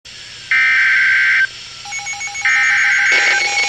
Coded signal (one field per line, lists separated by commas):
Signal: Emergency Alert System (SAME) tones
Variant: header bursts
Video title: River Flood Warning #4 (EAS #321)